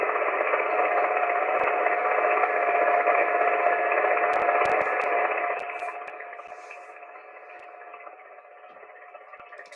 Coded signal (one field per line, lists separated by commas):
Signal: FT8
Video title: Danny Shortwave And Radio DX Live Stream #205 3/22/2025 FT8 FT4 SSB DMR C4FM Shortwave Radio